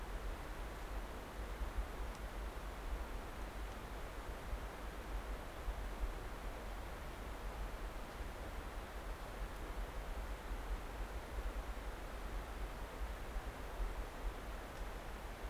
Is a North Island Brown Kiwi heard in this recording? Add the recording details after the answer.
no. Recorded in New Zealand on 9 December 2013. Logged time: 23:28. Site DE65